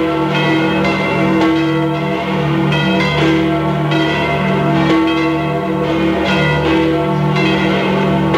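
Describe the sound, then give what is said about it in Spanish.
The large church bells of St Peter's Basilica in the Vatican ring continuously with overlapping strikes, their deep, rich tones blending into a loud, sustained wash of metallic harmonics. “Suenan las campanas de la Basílica de San Pedro del Vaticano.”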